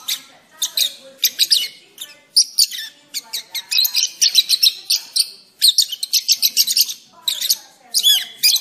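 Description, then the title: Oriental magpie-robin song: rapid bursts of high, varied chirps and sweet whistled notes, dense and almost continuous, with brief pauses between phrases. "Kicau Kacer"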